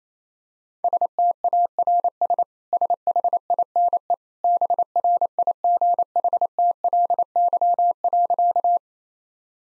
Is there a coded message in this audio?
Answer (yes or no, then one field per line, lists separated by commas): yes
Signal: Morse code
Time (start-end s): 0.8-8.8 s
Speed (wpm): 27 wpm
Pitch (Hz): 700 Hz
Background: none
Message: STARS SHINE BRIGHTLY.